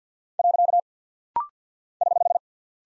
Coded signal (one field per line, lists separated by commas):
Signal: Morse code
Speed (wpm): 50 wpm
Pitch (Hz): 700 Hz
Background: none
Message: . <HH>